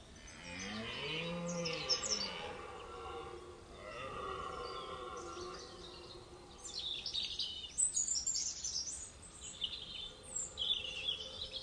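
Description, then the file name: Red deer roaring, two rough bellows that swell and fade, with small birds twittering afterwards. Stag belling during the rut; by Jean-Marc Lhotel. "brame du cerf jeanmarclhotel"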